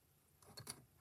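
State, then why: Not seated. An accessory part is worked onto a handheld two-way radio, with a quiet start and then handling scrapes and taps from about 0.4 s, the loudest at 0.7 s. The part is only being handled here, and nothing has seated or clicked yet.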